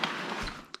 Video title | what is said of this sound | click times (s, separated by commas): Mountain Buggy Terrain Pushchair Review | and clicking it into place | 0.7 s